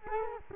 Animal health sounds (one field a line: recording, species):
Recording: mosquito wingbeat signal from an infrared sensor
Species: Culex quinquefasciatus